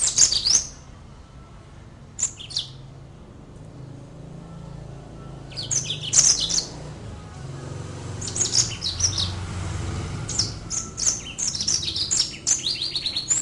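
Brimstone canary song: bright, high twittering notes in short bursts with pauses, growing into a longer run of rapid chirps near the end.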